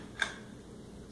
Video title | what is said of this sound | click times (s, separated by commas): Classroom Friendly Supplies Pencil Sharpener Review | there it's locked in place | 0.2 s